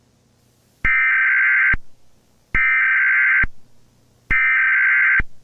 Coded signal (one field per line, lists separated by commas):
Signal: Emergency Alert System (SAME) tones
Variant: header bursts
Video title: (EAS #13) The Broadcast